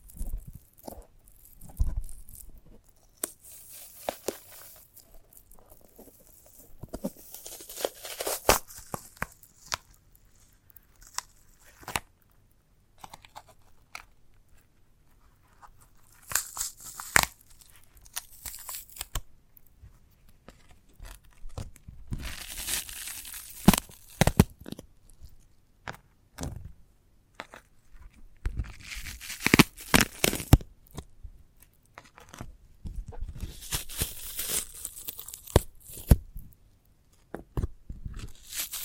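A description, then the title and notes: Sprouted coconut being handled and broken apart, with bursts of crisp tearing and crunching scattered through the clip. Louder clusters of fibrous ripping come around 8, 17, 23, 30 and 36 seconds, separated by quiet gaps with soft taps and small crackles. ASMR of a Sprouted Coconut (No Talking).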